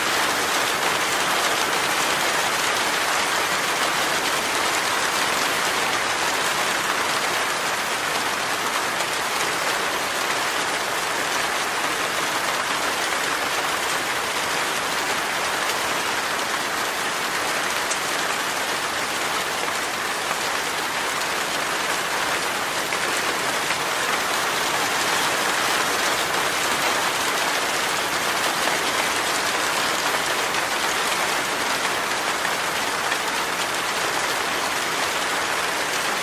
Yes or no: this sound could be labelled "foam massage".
no